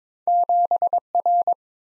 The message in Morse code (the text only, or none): 7R